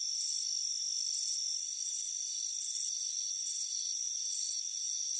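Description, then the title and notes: Crickets trill in repeated bright pulsed bursts, with an unbroken high insect whine beneath. Crickets chirping on a warm afternoon, heard from a hammock on a front porch. "Soothing Crickets Chirping Sound. It's a warm afternoon as you relax in a hammock on the front porch. Relax and fall asleep to the soothing sound of chirping crickets. Deep Sleep Sounds"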